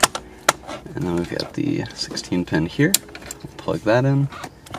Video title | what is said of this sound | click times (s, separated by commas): How to install GROM VLine in Lexus ES 300H 350 2013-2018 for wireless CarPlay Android Auto - LEX78 | push this into place here and then you just want to push down on the lock and you'll fill it lock into place and | 0.5 s